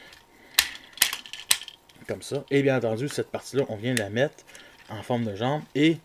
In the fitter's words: ça vient se clipser que de cette manière comme